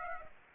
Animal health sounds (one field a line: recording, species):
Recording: mosquito wingbeat signal from an infrared sensor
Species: Aedes aegypti